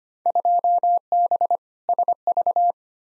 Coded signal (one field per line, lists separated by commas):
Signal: Morse code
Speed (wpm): 25 wpm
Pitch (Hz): 700 Hz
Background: none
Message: 2B SV